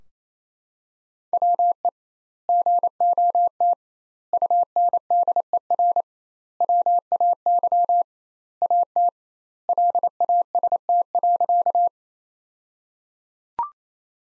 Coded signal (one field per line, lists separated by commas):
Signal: Morse code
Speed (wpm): 28 wpm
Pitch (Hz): 700 Hz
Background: none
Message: WE GOT UNDER WAY AT LAST.